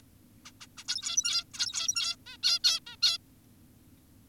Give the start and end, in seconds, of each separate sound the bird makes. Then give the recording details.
0.45-0.52, 0.61-0.67, 0.78-0.84, 0.88-1.44, 1.54-2.16, 2.26-2.37, 2.43-2.59, 2.64-2.80, 2.87-2.96, 3.02-3.18. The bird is an adult. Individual g17y2U